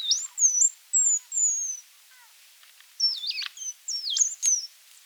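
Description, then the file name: Eurasian penduline tit calls: thin, high, drawn-out whistles slurring downward, several in a row, followed by a burst of sharper, twisting high notes. "buidelmees"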